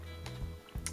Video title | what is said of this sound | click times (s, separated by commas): How to Upgrade the RAM Stick in a Laptop Toshiba satellite | grab the middle of that push it down until you hear that click and then | 0.9 s